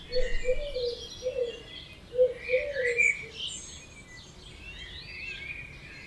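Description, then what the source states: Birds in chorus, low wavering notes in quick succession for the first three seconds, with high warbling and whistled phrases throughout. Dawn chorus at 4 am in Oberhofen, Inntal valley, Austria; binaural recording made for headphone listening.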